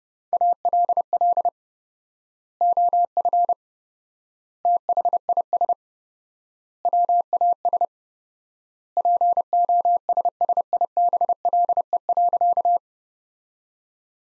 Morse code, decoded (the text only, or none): ALL OF THIS WAS POSSIBLE.